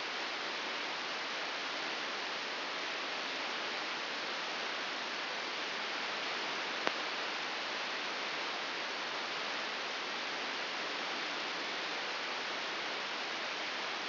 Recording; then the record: brain microelectrode recording played as sound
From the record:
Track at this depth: inside the subthalamic nucleus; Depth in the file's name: 4.208 mm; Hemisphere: right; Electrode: 3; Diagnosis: Parkinson's disease